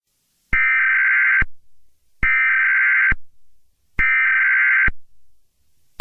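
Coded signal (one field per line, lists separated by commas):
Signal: Emergency Alert System (SAME) tones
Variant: header bursts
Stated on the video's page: Fictional scenario set in 2133 about a hyperactive hurricane season.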